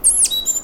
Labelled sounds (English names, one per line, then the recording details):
Stitchbird song
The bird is a male
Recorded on Tiritiri Matangi Island, New Zealand, in 2005
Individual 1, of nest box 1